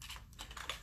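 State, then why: Not seated. The top section of a plastic and metal toy lightsaber hilt is handled and pushed toward the rest of the assembly, producing a quick run of light, dry tapping and clicking sounds, with the sharpest tap near 0.7 s. The clip ends before the piece goes home; nothing has seated or clicked into place yet.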